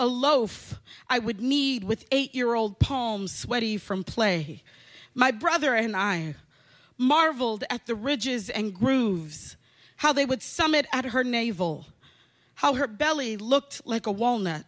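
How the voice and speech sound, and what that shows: A woman reads aloud the poem "My Mother's Belly" in clear, fluent, ordinary speech, pausing naturally between phrases.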